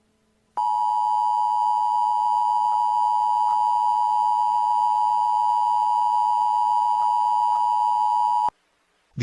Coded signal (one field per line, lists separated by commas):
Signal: Emergency Alert System (SAME) tones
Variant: 853 and 960 Hz attention tone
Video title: EAS Scenario: The Tremor